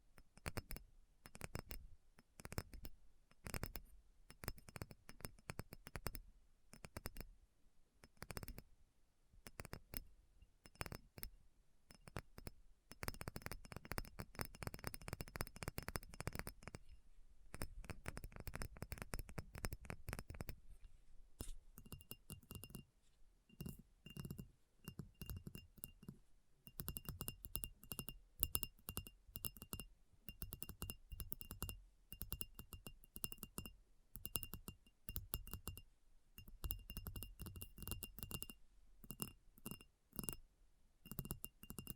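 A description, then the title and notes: ASMR tapping, a near-constant run of quick, crisp taps on hard surfaces with a glassy, clinking edge. The rhythm is fast and dense, easing into sparser clusters around 13 and 20 seconds, then a steady thin ringing tone sits under the taps after about 21 seconds. ASMR Addictive Tapping. (No Talking).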